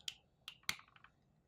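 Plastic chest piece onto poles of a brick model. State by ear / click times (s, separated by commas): not seated / none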